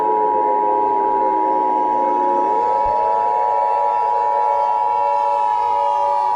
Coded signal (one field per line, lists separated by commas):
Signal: Emergency Alert System (SAME) tones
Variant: 853 and 960 Hz attention tone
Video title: EAS SCENARIO CATEMOJIBABYHEAT PART 47 KINGDOM FIGHT